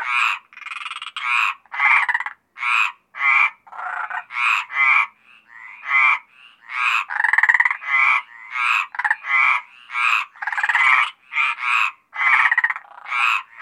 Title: Sylvain Jaskowiak. Rainettes méridionales - Apt, Vaucluse - juin 2010